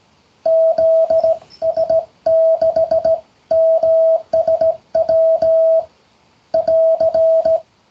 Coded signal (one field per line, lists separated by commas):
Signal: Morse code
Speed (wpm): 17 wpm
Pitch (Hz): 650 Hz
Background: radio noise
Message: ZS6MSW <AR>